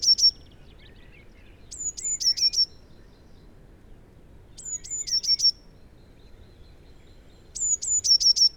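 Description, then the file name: Eurasian blue tit repeating a short phrase of high piercing notes and a fast descending trill, three times throughout after a brief opening note, with little else audible. "Cyanistes caeruleus"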